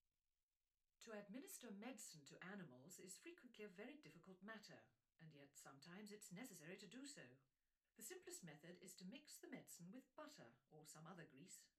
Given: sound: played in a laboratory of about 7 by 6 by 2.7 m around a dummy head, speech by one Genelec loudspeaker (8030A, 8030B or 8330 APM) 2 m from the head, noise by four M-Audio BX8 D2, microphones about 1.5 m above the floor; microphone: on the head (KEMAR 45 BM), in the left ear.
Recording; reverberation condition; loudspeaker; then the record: female speech in English; low; 150 degrees to the left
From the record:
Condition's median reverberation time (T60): about 310 ms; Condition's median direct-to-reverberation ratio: about 3.5 dB